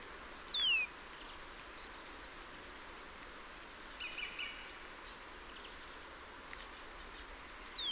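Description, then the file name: Eurasian nuthatch calls: two clear downward-sliding whistles near the start and end, with a few short soft chirps in between and a steady background hiss. "Sitta europaea"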